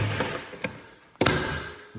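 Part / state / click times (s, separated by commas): drop-down table bar into its lock on a cabinet / seated / 1.2 s, 1.3 s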